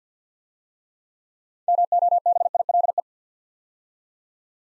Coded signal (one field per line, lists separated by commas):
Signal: Morse code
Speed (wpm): 52 wpm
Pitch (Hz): 700 Hz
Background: none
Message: MOBILE